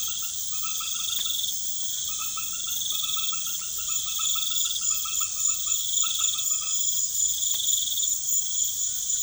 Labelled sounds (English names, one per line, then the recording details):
none
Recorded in pastures near Puerto Asís, Putumayo, Colombia, on 28 February 2025 at 22:00
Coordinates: 0.505, -76.324
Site GP08